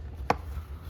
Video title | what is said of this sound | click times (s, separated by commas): 2022 Wildwood 36VBDS. Stock# 13215 | Once you're done, ready to go traveling again, just kind of push it back shut. You'll kind of hear it click. | 0.3 s